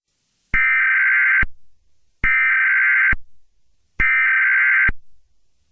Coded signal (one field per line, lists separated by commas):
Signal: Emergency Alert System (SAME) tones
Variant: header bursts